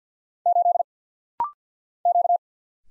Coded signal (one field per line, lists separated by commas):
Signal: Morse code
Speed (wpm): 48 wpm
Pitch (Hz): 700 Hz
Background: none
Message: 8 Q